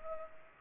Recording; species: mosquito wingbeat signal from an infrared sensor; Culex pipiens